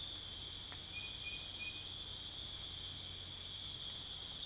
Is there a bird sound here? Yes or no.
no